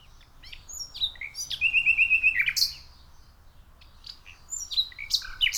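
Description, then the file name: Common nightingale song: scattered whistles, then a quick series of repeated sharp notes ending in a loud note, followed by further varied chirps after a pause. "Luscinia megarhynchos"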